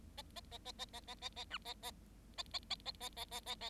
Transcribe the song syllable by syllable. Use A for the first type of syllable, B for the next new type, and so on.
A A A A A A A A A B A A A A A A A A A A A